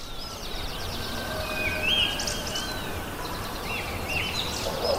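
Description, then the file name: Bird song of high twittering trills and short whistles over constant outdoor noise. Recorded in the morning. "Pajaritos En La Ma Ana"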